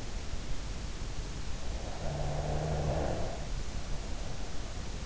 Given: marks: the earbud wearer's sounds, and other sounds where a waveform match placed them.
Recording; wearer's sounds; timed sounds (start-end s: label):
sounds in sleep by an in-ear microphone; breath
1.69-4.87 s: breath